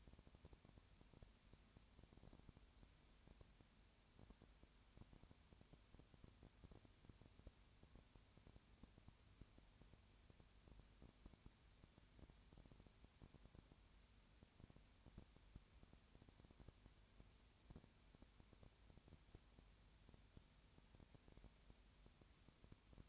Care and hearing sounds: daily activity, microphone in the room; no activity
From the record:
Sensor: 2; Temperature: 20.4 degrees Celsius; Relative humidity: 35.6%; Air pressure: 1007.1 hPa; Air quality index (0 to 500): 122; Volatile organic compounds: 2 ppm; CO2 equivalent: 1252 ppm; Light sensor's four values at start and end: 2/3/2/2 and 2/3/2/2

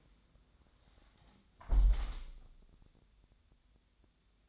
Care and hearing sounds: daily activity, microphone in the room; close window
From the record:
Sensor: 3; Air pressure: 1000.4 hPa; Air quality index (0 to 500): 130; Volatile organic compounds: 2 ppm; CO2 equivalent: 1136 ppm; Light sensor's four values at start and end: 14/36/14/16 and 13/35/14/15

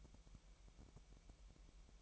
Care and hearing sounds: daily activity, microphone in the room; take from stove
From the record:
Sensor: 1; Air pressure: 1002.0 hPa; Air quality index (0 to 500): 245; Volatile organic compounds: 49 ppm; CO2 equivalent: 3286 ppm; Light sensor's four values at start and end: 5/12/5/5 and 5/12/5/5

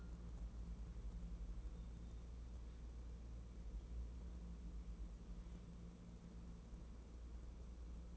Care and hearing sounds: daily activity, microphone in the room; wipe stove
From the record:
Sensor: 1

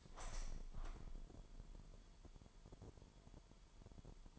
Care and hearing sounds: daily activity, microphone in the room; open window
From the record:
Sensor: 5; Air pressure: 998.0 hPa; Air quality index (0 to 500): 97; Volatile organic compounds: 2 ppm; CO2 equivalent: 1114 ppm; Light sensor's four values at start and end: 26/64/26/29 and 26/64/26/29

